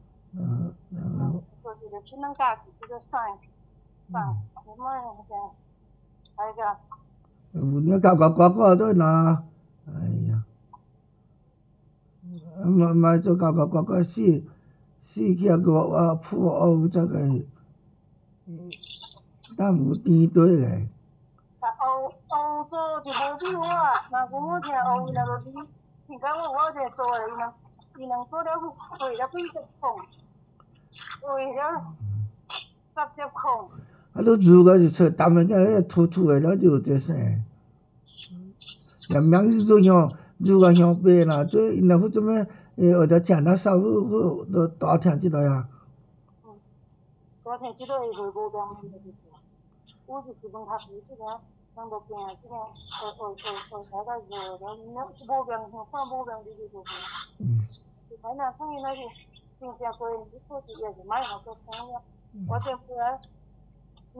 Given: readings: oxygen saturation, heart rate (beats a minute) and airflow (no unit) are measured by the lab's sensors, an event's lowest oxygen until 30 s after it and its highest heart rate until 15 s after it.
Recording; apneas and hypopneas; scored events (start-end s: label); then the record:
a person awake in a sleep study, by a smartphone at the bedside; none
0.00-64.20 s: awake
From the record:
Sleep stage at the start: awake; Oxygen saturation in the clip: 94 to 96%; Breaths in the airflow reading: 16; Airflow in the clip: -11.6 to 6.1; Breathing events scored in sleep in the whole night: 270 in 6.1 hours asleep